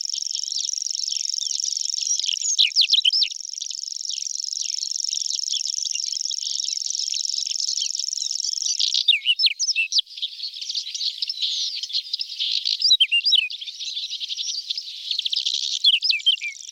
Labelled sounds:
Whinchat (Saxicola rubetra) song

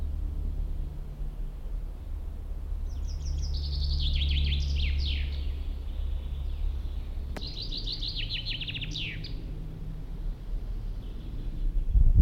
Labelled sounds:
Common Chaffinch (Fringilla coelebs)

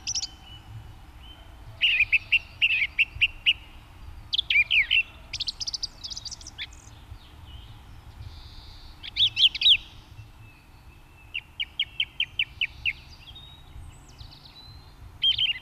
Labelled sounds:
Song Thrush (Turdus philomelos) song

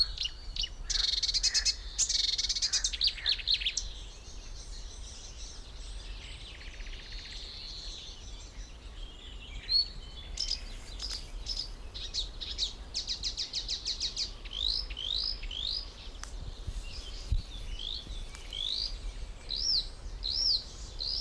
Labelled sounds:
Marsh Warbler (Acrocephalus palustris)

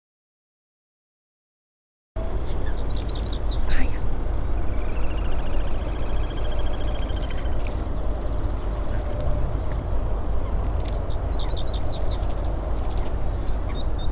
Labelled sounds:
Little Grebe (Tachybaptus ruficollis) call

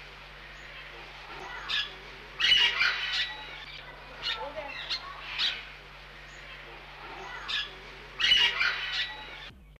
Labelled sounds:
St. Vincent Amazon (Amazona guildingii) call

